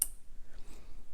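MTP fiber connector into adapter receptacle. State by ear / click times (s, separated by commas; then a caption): seated / 0.0 s. An MTP/MPO fiber connector, lined up with its key facing up, is pushed gently into an adapter receptacle and seats with a sharp click at 0.0 s. A much fainter tick follows at 1.2 s over quiet low background noise.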